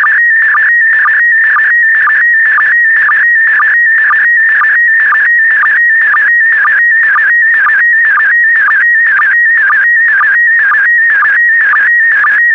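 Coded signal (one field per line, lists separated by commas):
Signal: SSTV (slow-scan television)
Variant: PD120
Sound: warbling, buzzy tone scanning rapidly in pitch, with a regular short low blip twice per second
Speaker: Get ready. Starting transmission in 5, 4, 3, 2, 1. Transmission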